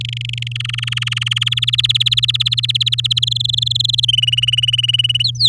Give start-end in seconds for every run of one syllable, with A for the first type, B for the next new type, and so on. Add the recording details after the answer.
0.01-0.53 A, 0.55-1.44 B, 1.46-3.19 C, 3.22-4.05 D, 4.08-5.23 E, 5.24-5.48 F. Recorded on 10 May 2018 at 07:08. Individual llb16